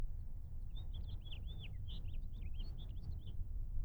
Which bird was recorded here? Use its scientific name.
Haemorhous mexicanus